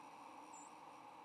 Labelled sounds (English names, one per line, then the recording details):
White-throated Sparrow flight call
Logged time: 08:22 on 8 November 2014